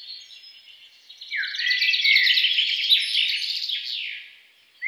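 Songbird song opening softly, then swelling into a fast, continuous twittering run of high chirps that fades toward the end.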